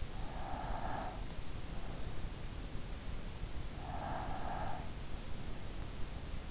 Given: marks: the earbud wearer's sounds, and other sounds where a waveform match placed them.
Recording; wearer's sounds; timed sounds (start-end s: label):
sounds in sleep by an in-ear microphone; breath
0.00-1.66 s: breath
3.64-5.34 s: breath